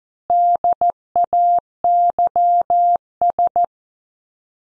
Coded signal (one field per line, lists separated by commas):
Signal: Morse code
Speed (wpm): 14 wpm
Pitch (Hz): 700 Hz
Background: none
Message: DAYS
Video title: Morse Code copy practice